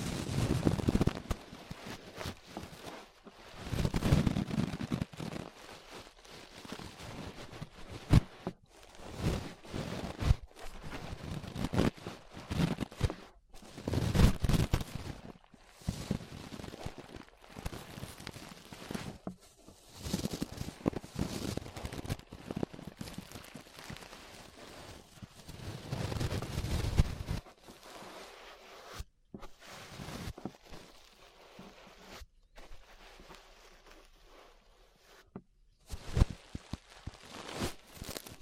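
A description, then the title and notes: Ear brushing: soft, scratchy swishes and rubs come in irregular bursts, with a few louder sweeps near 4, 14 and 26 seconds. Sharp little clicks and taps dot the strokes, and after about 28 seconds the brushing turns thinner and more sparse. ASMR Relaxing 3Dio Ear Brushing (No Talking).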